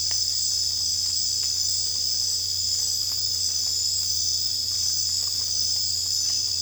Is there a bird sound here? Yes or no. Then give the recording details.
no. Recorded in secondary vegetation near Puerto Asís, Putumayo, Colombia, on 22 December 2024 at 22:00. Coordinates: 0.484, -76.319. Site GP06